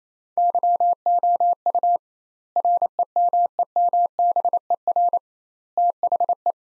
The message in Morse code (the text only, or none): YOU REMEMBER THE